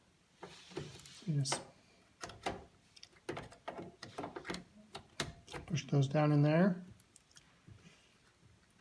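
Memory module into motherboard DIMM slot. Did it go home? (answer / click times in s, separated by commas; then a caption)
no / none. A DDR4 memory stick is being pressed down into a motherboard DIMM slot, with the retaining latch meant to snap closed. Someone talks throughout, over scattered short clicks and handling taps. The clip ends before the module goes home, and nothing has seated or clicked yet.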